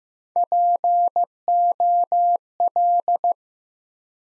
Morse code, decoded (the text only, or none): POL